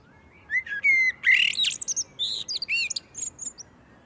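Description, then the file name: Common blackbird song: fluty whistled notes leading into a fast, squeaky, high twittering flourish with many short bent notes. "Turdus merula"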